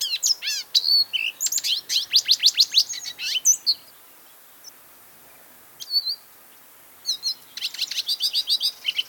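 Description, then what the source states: Lesser Goldfinch song: rapid, high twittering phrases of buzzy notes and thin slurred whistles, delivered in bursts with a quiet pause midway before the jumbled twitter resumes. Song; small resident of the Southwest.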